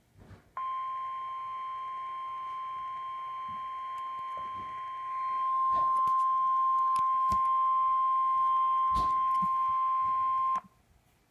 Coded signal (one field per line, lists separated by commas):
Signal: Emergency Alert System (SAME) tones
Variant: 1050 Hz attention tone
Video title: Civil Emergency Message (EAS #47)